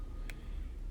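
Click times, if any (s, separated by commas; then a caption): 0.3 s. While reassembling an Oppo Neo 3 phone, the battery cable is routed to the other board and its flex connector is pressed onto the logic board socket. A short, sharp broadband snap is heard at 0.3 s over a steady low rumble. The click confirms the connector has seated correctly.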